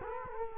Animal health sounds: mosquito wingbeat signal from an infrared sensor; Culex quinquefasciatus

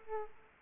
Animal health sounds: mosquito wingbeat signal from an infrared sensor; Aedes aegypti

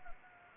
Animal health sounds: mosquito wingbeat signal from an infrared sensor; Anopheles gambiae

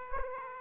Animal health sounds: mosquito wingbeat signal from an infrared sensor; Aedes aegypti

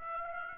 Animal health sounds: mosquito wingbeat signal from an infrared sensor; Aedes aegypti

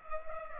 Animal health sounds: mosquito wingbeat signal from an infrared sensor; Culex pipiens

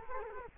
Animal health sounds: mosquito wingbeat signal from an infrared sensor; Culex quinquefasciatus

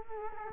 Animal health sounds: mosquito wingbeat signal from an infrared sensor; Culex quinquefasciatus

